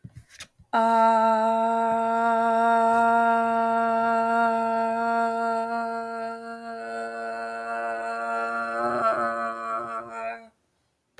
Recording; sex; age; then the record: vowel held as long as possible; female; 30 to 39 years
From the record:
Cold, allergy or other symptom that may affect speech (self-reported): no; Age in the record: 36 years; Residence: Michigan, United States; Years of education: 14